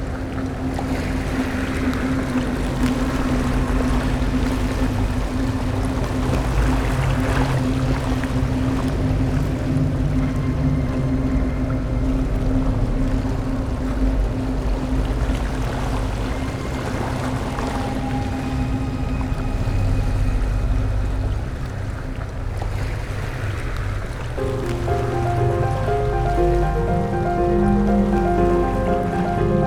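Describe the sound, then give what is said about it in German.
Water laps steadily against a boat's hull beneath a continuous low, rumbling wash, with soft gusts of wind and no voices throughout. “Sie knüllte die Nachricht zusammen und warf sie über Bord. Langsam sog sich das Stück Papier voll Wasser und würde nun untergehen, wie auch der Rest der Menschheit.”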